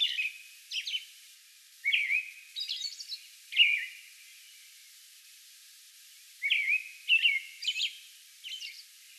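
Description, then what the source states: American robin song with broken phrasing: a few whistled carols, a pause of about three seconds, then another cluster of whistled and squeaky high notes. Song bout recorded on May 11.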